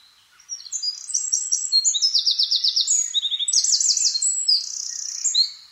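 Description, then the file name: Eurasian wren song: a torrent of very high, rapid trills and rattles, shifting between phrases without a break for about five seconds. "Troglodytes troglodytes"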